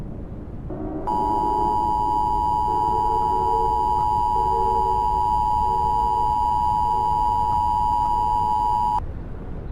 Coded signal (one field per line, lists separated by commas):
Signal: Emergency Alert System (SAME) tones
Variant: 853 and 960 Hz attention tone